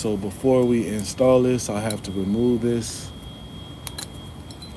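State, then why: Released. Someone talks while removing a metal retaining clip from a wheel hub or bearing assembly before installing a new part. A sharp metallic snap at 3.9 s marks the clip popping free, followed by a few faint ticks against low background hum.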